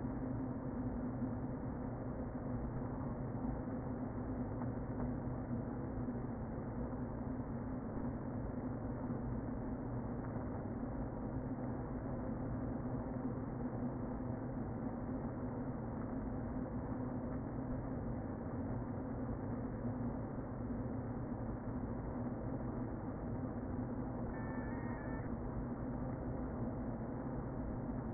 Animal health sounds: honeybee colony, microphone inside the hive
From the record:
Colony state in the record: queen present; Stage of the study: before two queens were removed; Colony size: about 60,000 bees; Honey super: yes

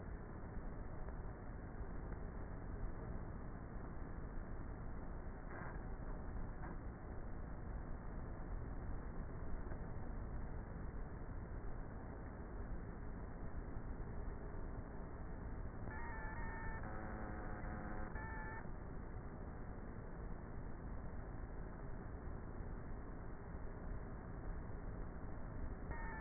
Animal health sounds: honeybee colony, microphone inside the hive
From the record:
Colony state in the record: queenless with a low population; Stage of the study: before two queens were removed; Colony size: about 30,000 bees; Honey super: no

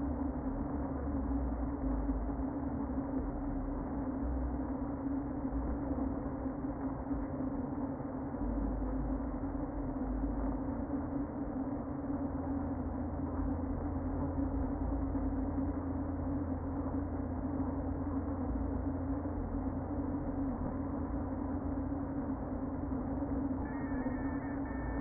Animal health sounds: honeybee colony, microphone inside the hive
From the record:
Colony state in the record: queen present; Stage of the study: before two queens were removed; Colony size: about 60,000 bees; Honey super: yes

